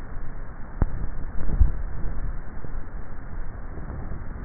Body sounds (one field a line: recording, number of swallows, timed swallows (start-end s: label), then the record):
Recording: swallowing sounds by neck microphone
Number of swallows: 1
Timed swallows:
1.37-2.70 s: swallow
From the record:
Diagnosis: dysphagia